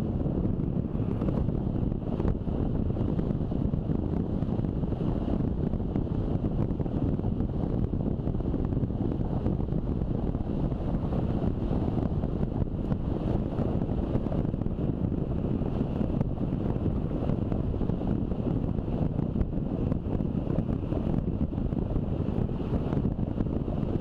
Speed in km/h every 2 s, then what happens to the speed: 33, 33, 33, 32, 32, 32, 31, 29, 29, 29, 29, 28.
0-24 steady at about 31.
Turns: none.